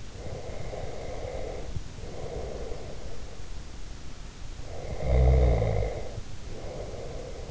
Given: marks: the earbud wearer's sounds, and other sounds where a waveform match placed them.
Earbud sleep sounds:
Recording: sounds in sleep by an in-ear microphone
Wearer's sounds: breath, snoring breath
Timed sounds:
0.23-3.29 s: breath
4.65-7.51 s: snoring breath

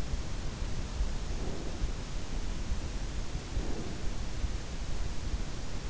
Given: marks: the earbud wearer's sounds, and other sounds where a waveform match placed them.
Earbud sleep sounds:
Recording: sounds in sleep by an in-ear microphone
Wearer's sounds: breath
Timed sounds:
0.93-2.22 s: breath
3.39-4.61 s: breath

